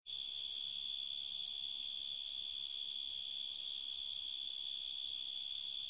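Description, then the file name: Cricket trilling steadily, a high-pitched unbroken ringing buzz from start to finish, nothing else audible. "grillos"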